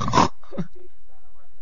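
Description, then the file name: Piglet giving a brief harsh squeal followed by a short low grunt, then quiet. "porquinho"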